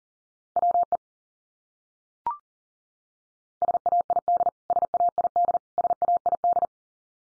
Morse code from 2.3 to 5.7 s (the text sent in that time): SAID SAID